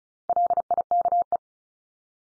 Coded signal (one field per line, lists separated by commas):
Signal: Morse code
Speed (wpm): 34 wpm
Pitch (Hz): 700 Hz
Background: none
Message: LIKE